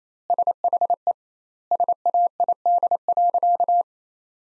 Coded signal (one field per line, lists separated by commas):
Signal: Morse code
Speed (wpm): 28 wpm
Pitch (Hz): 700 Hz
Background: none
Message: SHE SAID.